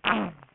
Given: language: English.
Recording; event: throat vibration sensor signal played as sound; throat clearing